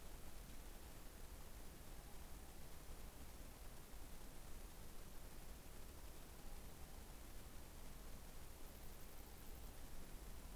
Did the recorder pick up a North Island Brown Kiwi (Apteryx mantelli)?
no